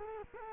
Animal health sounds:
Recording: mosquito wingbeat signal from an infrared sensor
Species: Culex quinquefasciatus

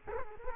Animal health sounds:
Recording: mosquito wingbeat signal from an infrared sensor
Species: Culex quinquefasciatus

